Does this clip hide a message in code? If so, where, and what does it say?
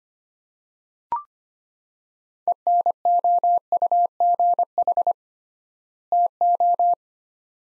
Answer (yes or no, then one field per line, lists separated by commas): yes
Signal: Morse code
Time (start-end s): 2.5-6.9 s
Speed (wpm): 25 wpm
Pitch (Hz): 700 Hz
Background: none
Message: ENOUGH TO